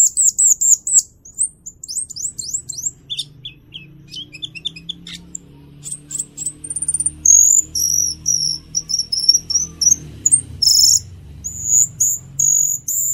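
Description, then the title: Cucak keling song opening with rapid repeated trills, then jumbled chattering notes and a run of high whistled phrases toward the end. Various fill songs (aneka isian). "Cucak Keling EmCeEm"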